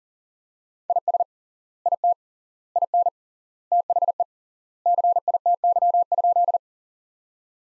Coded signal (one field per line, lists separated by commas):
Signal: Morse code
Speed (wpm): 40 wpm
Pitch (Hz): 700 Hz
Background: none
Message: IS IT IN THE CITY?